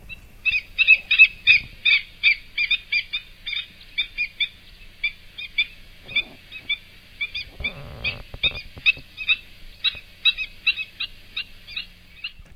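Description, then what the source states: Black-winged Stilt excited calls: rapid, sharp, nasal yelping notes repeated about three times a second in long agitated runs, with a brief low rumble midway. Rarely seen in Central Europe on migration, and then very excited.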